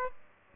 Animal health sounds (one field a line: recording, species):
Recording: mosquito wingbeat signal from an infrared sensor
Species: Aedes aegypti